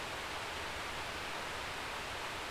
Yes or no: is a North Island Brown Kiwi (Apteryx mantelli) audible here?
no